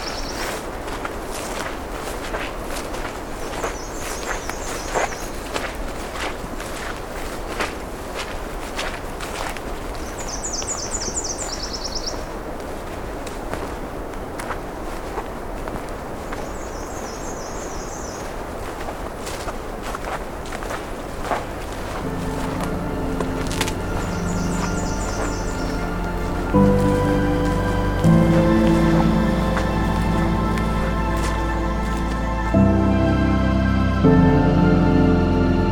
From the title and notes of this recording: We’re continuing along the road allowance that skirts the edge of the national park lands. Along the way we’ll hear some Black-and-white Warblers, Red-winged Blackbirds, Blue Jays, and more.